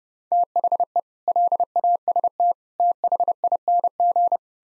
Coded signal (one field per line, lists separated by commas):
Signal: Morse code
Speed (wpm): 30 wpm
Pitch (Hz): 700 Hz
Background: none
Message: THE LAST THING